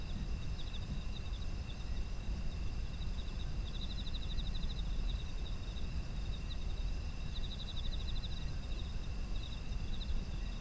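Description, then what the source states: Autumn insects chirping: high pulsed trills come in bursts around four and eight seconds over steady high ringing tones, with a constant low rumble underneath. Ambient sound of insects in autumn.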